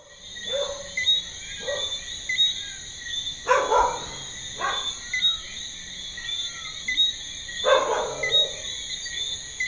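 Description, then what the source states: Crickets calling: a steady high shrill chorus throughout, broken by several louder low bursts and a few brief whistles. Evening garden on the outskirts of Ajoupa-Bouillon, Martinique, 8.25 PM, 7 March 2016, with Eleutherodactylus frogs; Sony PCM D50, FEL preamp, RODE NT4.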